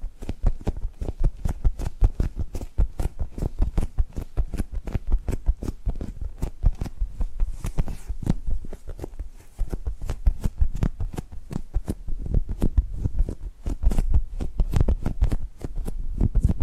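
Rapid tapping runs through the whole stretch, dense, fast strikes coming several per second with a dull, low thump and a crisp top. The pace stays fairly even, with a brief softer lull around the ninth second before the tapping picks back up.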